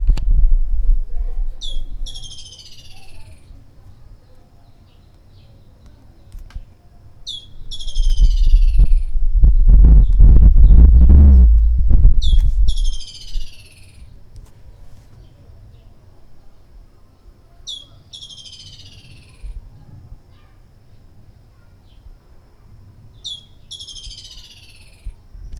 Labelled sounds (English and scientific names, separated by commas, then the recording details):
Woodland Kingfisher (Halcyon senegalensis)
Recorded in Lake Mburo, Uganda